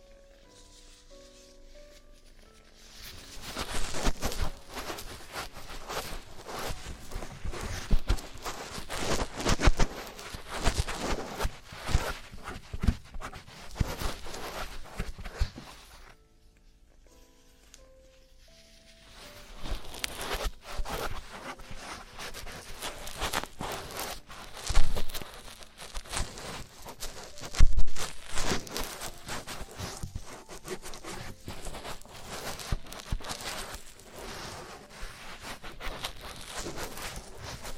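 Ear cleaning and earwax removal, heard as dense scratching, crackling and rustling with frequent sharp taps and clicks. The scraping runs almost continuously, broken by two quiet pauses with a faint low tone, at the start and around 16 to 19 seconds.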